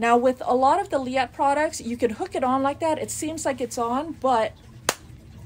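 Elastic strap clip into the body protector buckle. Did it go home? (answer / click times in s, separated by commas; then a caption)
yes / 4.9 s. Someone talks while hooking the closure clip of the elastic strap on a Leatt 6.5 motocross body protector into its buckle, where it can look hooked on without actually being latched. At 4.9 s a single sharp click rings out as the clip seats in the buckle.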